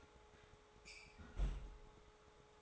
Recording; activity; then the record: daily activity, microphone in the room; close fridge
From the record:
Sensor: 3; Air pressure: 1004.5 hPa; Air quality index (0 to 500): 193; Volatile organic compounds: 13 ppm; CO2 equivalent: 2422 ppm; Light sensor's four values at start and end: 5/12/4/4 and 5/12/4/4